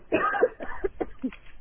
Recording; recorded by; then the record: voluntary cough; telephone call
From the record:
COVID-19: positive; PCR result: checked with the laboratory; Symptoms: yes